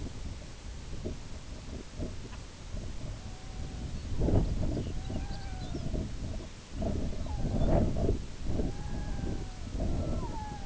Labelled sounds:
unidentified sound
Red-throated Loon
Lapland Longspur

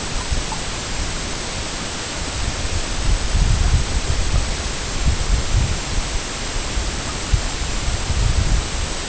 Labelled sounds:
none

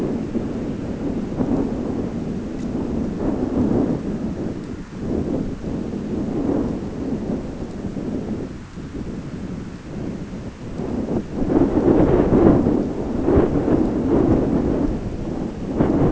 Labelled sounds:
none

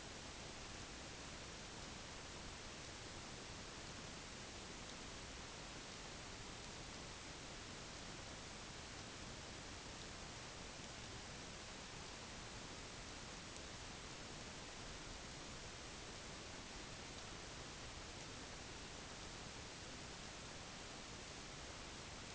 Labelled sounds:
none

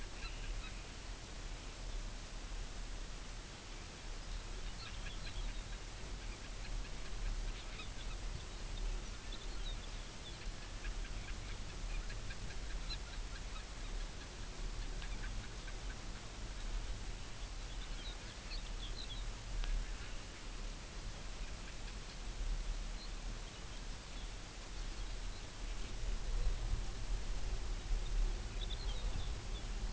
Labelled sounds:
Arctic Tern
Dunlin
Lapland Longspur
unidentified sound

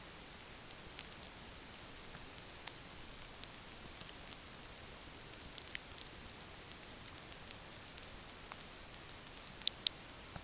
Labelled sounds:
none

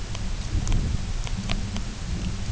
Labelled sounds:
none

